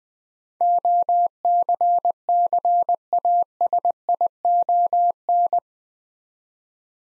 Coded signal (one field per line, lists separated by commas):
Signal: Morse code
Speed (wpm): 20 wpm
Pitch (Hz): 700 Hz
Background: none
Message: OCCASION